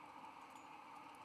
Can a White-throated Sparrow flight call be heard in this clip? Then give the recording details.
no. No flight call is heard. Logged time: 01:01 on 17 November 2014